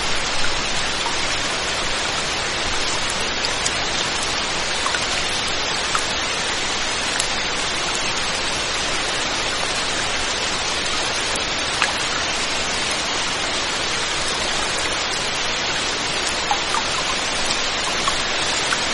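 Steady rain falls throughout, a dense, even hiss that sits mostly in the middle and upper range with little low rumble. Faint individual drops and ticks surface here and there, but the level barely changes over the whole stretch.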